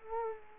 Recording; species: mosquito wingbeat signal from an infrared sensor; Culex quinquefasciatus